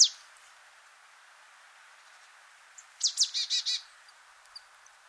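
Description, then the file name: Marsh tit call: a sharp high note at the start, then a quick burst of several clipped, buzzy notes around three seconds in, over a quiet background hiss. "Poecile palustris"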